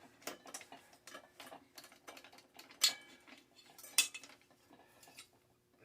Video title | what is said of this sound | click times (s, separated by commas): BIANCHI BOARDWALK OVERHAUL PT6 | it pops right into the brazon | 4.0 s